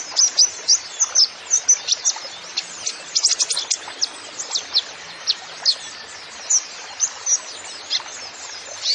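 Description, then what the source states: Van Hasselt's sunbird song of steady, rapid high-pitched chirps and sweeping notes, spaced fairly evenly throughout. Masteran recording for training songbirds; the bird is described as gacor, singing actively, with full fills (isian) and shots (tembakan).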